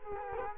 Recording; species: mosquito wingbeat signal from an infrared sensor; Culex quinquefasciatus